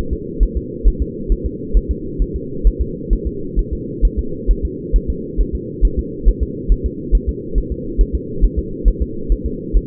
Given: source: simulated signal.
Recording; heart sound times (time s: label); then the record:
fetal heart sounds
0.13 s: S2
0.43 s: S1
0.57 s: S2
0.88 s: S1
1.02 s: S2
1.32 s: S1
1.46 s: S2
1.77 s: S1
1.91 s: S2
2.22 s: S1
2.36 s: S2
2.67 s: S1
2.81 s: S2
3.13 s: S1
3.27 s: S2
3.59 s: S1
3.73 s: S2
4.05 s: S1
4.19 s: S2
4.51 s: S1
4.65 s: S2
4.96 s: S1
5.10 s: S2
5.41 s: S1
5.55 s: S2
5.85 s: S1
5.99 s: S2
6.28 s: S1
6.43 s: S2
6.72 s: S1
6.86 s: S2
7.15 s: S1
7.29 s: S2
7.58 s: S1
7.72 s: S2
8.01 s: S1
8.15 s: S2
8.44 s: S1
8.59 s: S2
8.88 s: S1
9.02 s: S2
9.32 s: S1
9.46 s: S2
9.77 s: S1
From the record:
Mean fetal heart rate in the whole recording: 135 bpm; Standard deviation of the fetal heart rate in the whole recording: 3 bpm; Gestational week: 36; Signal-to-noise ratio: -4.3 dB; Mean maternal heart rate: 72 bpm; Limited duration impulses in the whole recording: present